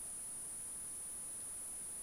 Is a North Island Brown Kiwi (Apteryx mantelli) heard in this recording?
no